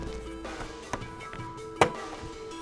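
The left-side plastic trim or bracket panel of a GCS Apex Android head unit is slid into its top clips, then its bottom is aligned and pressed into the car dash surround while music plays in the background. Smaller taps sound at 0.9 and 1.3 s before a sharp plastic snap at 1.8 s as the clips seat in place.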